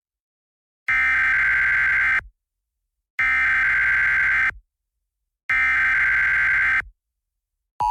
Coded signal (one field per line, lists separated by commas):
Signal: Emergency Alert System (SAME) tones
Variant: header bursts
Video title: eas scenario tsunami pt 1